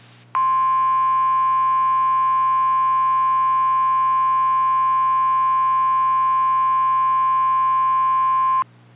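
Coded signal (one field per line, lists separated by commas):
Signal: Emergency Alert System (SAME) tones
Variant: 1050 Hz attention tone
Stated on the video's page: Simulated wildfire EAS scenario.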